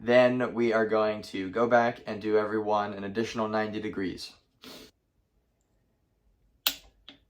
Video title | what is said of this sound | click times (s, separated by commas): Rebuilding an OM647 engine (T1N Sprinter) | There's a click on there. | 6.7 s